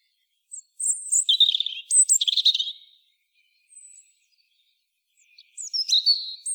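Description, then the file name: European robin song: high, thin twittering phrases mixing sharp whistles and rapid trills, a long phrase early on, a brief faint note, then another phrase starting near the end. "Erithacus rubecula"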